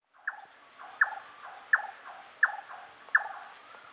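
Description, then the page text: Large-tailed nightjar calls: five loud, clipped knocking notes, evenly spaced less than a second apart, each trailed by faint echoing strokes, with a continuous high drone. "Large Tailed Nightjar Calls. Quick Sounds"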